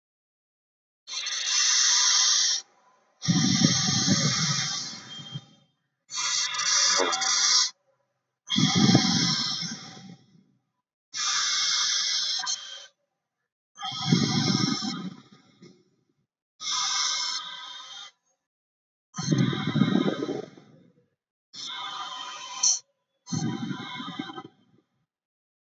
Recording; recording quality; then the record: deep breathing; excellent, no background noise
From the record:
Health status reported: healthy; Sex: male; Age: 25 years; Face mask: not worn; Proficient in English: yes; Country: India